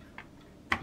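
A plastic part of a model ship is pushed down into a slot on the assembly. A faint tick sounds at 0.2 s, then a sharp, louder tick at 0.7 s as the part drops into the slot and seats.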